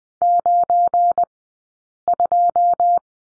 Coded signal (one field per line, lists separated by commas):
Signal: Morse code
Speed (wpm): 20 wpm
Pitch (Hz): 700 Hz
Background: none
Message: 92